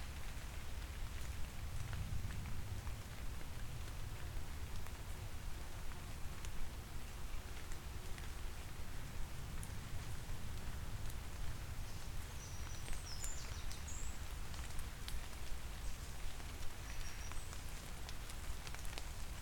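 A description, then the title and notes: Gentle rain patters through hazel and oak leaves, a steady dense spread of small drops with frequent brighter ticks. A soft low rumble sits underneath throughout, and a few faint high bird chirps come through in the second half. Patterning of rain on autumn leaves. We’re on a small, wooded hill in Herefordshire. Sullen clouds gather over the trees, which cloak the brooding ramparts of an ancient hillfort. A gentle rain falls, pattering through the canopy of hazel and oak.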